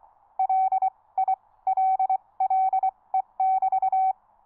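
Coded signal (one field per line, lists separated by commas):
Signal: Morse code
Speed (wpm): 24 wpm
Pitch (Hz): 760 Hz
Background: none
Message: LILLE <BT>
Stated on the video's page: QRP contacts on 30m at 2 W from an ME-30 (SW+30) rig with a 17 ft QRP Guys Tri-Band vertical, operated outdoors.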